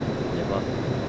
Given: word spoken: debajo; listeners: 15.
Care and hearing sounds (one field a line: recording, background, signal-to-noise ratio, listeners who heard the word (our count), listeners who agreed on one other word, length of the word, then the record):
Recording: one Spanish word in noise, from a listening test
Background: speech-shaped noise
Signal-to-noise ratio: -5.1 dB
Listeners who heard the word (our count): 2 of 15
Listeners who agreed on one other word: 6 of 15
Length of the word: 0.69 s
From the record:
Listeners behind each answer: 6, 2, 2, 1, 1, 1, 1, 1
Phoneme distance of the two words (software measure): 27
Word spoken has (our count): 3 syllables, 6 phonemes, stress on syllable 2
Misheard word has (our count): 2 syllables, 5 phonemes, stress on syllable 2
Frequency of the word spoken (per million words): 62.50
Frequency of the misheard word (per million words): 116.66